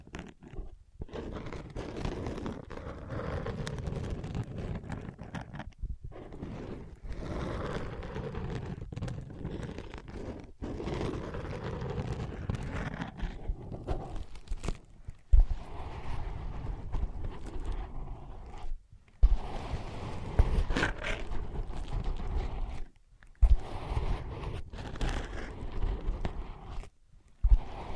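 Ear pads are tapped, scratched and traced, making a dense, muffled rustling with soft thumps that stays low and close to continuous. Brief silent gaps break it up, more often after the midpoint, and a few sharper taps stand out near 15, 20 and 23 seconds.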